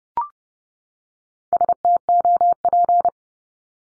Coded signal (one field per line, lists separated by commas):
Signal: Morse code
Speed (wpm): 30 wpm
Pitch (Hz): 700 Hz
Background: none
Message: STOP